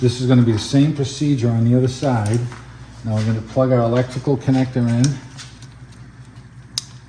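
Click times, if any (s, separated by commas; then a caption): 6.8 s. An electrical connector is plugged into the electric parking brake motor on the rear brake caliper of a 2011-2017 Volvo S60 T5 during a rear brake pad, rotor and caliper replacement. Someone talks for about the first five seconds, then a brief faint tap at 5.6 seconds is followed by a sharp click at 6.8 seconds. The connector is seated and confirmed secure.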